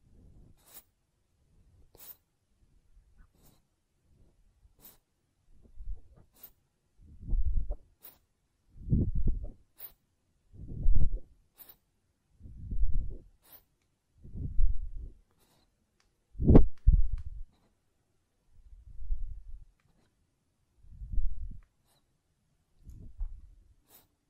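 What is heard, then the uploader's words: Ear blowing comes as a steady series of soft, low puffs, about one every two seconds. They start faint, grow fuller and louder through the middle, then ease off again. Faint thin clicks tick along above the breaths, mostly early on. ASMR Ear Cleaning and Blowing (No Talking).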